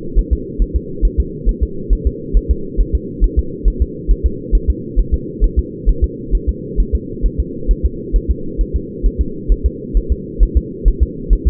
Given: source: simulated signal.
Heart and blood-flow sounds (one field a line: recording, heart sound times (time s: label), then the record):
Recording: fetal heart sounds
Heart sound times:
0.19 s: S1
0.33 s: S2
0.62 s: S1
0.76 s: S2
1.05 s: S1
1.20 s: S2
1.49 s: S1
1.63 s: S2
1.93 s: S1
2.07 s: S2
2.37 s: S1
2.51 s: S2
2.81 s: S1
2.95 s: S2
3.24 s: S1
3.39 s: S2
3.68 s: S1
3.82 s: S2
4.11 s: S1
4.26 s: S2
4.55 s: S1
4.70 s: S2
4.99 s: S1
5.14 s: S2
5.44 s: S1
5.59 s: S2
5.89 s: S1
6.04 s: S2
6.35 s: S1
6.49 s: S2
6.80 s: S1
6.95 s: S2
7.26 s: S1
7.40 s: S2
7.71 s: S1
7.85 s: S2
8.16 s: S1
8.31 s: S2
8.61 s: S1
8.76 s: S2
9.06 s: S1
9.21 s: S2
9.52 s: S1
9.66 s: S2
9.97 s: S1
10.12 s: S2
10.43 s: S1
10.57 s: S2
10.88 s: S1
11.03 s: S2
11.33 s: S1
11.47 s: S2
From the record:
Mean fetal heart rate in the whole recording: 135 bpm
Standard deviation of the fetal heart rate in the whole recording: 3 bpm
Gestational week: 36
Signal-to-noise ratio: -4.3 dB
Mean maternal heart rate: 72 bpm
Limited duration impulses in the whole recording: present